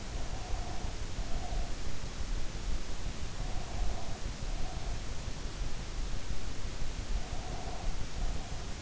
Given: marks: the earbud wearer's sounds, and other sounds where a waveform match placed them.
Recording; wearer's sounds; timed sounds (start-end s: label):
sounds in sleep by an in-ear microphone; breath
0.21-1.90 s: breath
3.36-5.12 s: breath
7.22-8.82 s: breath